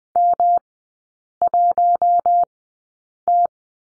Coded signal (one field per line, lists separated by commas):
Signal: Morse code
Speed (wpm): 20 wpm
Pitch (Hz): 700 Hz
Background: none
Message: M1T